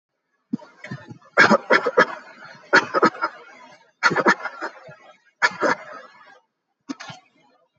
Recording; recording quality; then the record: shallow voluntary cough; excellent, no background noise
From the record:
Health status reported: healthy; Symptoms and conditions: none ticked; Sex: male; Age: 52 years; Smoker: not ticked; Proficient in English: no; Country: India